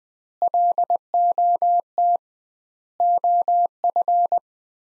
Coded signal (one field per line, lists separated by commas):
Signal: Morse code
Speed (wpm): 20 wpm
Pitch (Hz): 700 Hz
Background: none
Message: LOT OF